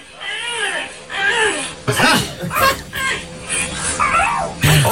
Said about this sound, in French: Ah, c'était bon. C'est comme ça qu'il dit bonjour. C'est génial, génial ce son. C'est effectivement un perroquet.